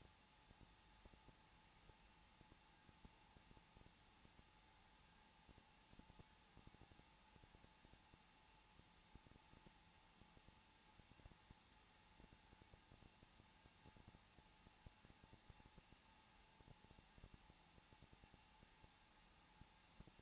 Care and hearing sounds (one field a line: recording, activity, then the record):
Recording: daily activity, microphone in the room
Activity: no activity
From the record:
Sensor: 1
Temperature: 20.2 degrees Celsius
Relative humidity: 35.7%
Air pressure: 994.5 hPa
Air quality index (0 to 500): 182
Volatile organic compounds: 7 ppm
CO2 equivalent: 2000 ppm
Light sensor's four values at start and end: 1/2/1/1 and 1/2/1/1